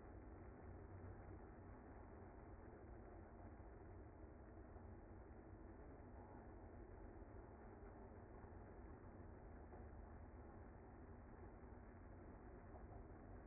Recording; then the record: honeybee colony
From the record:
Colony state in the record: active